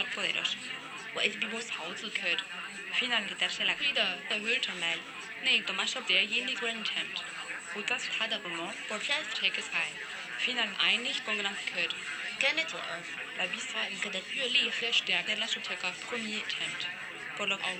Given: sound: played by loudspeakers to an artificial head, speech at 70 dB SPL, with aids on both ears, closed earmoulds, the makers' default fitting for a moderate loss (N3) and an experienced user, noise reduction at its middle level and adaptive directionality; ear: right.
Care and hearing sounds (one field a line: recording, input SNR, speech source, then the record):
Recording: speech test signal (ISTS) in cocktail-party noise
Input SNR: -6 dB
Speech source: in front (0 degrees)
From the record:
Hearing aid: class 1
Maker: I